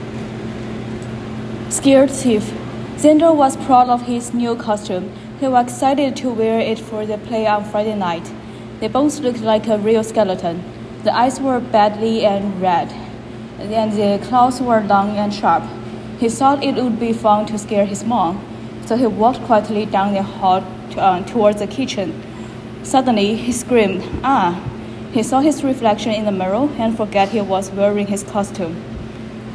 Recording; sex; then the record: reading aloud after running; female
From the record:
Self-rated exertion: vigorous exertion (4 of 6); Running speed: 9 miles an hour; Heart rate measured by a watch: 132 beats a minute at the start, 120 at the end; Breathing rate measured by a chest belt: 23 breaths a minute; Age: 28 years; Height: 155 cm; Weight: 44 kg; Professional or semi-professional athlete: no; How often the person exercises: 3 to 5 times a week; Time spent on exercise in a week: over 5 hours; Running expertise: yes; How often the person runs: 3 to 5 times a week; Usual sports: running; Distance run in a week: 45 km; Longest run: 32 km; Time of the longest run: 200 minutes